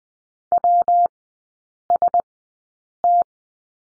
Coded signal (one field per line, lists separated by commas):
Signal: Morse code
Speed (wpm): 20 wpm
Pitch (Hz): 700 Hz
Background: none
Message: WST